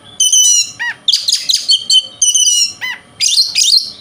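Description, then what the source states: Oriental magpie-robin song packed with harsh, buzzy sweeps, chattering notes and high whistles, delivered almost without a break. Indonesian name kacer; song style called konslet, said to provoke other magpie-robins.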